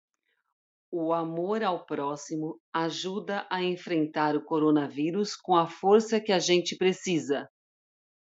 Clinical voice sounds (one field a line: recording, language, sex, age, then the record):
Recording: spoken sentence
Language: Brazilian Portuguese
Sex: female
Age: 40 to 49 years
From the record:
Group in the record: control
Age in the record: 48 years